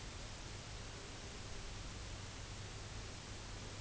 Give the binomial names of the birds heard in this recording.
Calidris melanotos